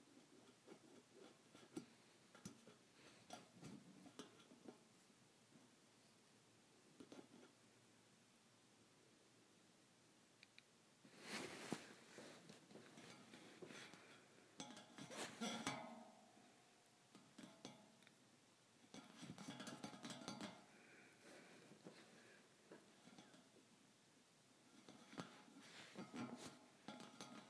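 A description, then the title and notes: Metal bars tap and clatter against metal, sparse light ticks broken by louder, bright clanging bursts near 11, 15 and 20 seconds. ASMR Metal Bars Tapping on Metal.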